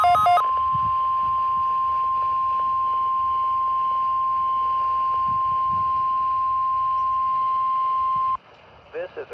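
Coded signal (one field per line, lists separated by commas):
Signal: Emergency Alert System (SAME) tones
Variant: 1050 Hz attention tone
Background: speech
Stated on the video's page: Required Weekly Test received from a NOAA Weather Radio station.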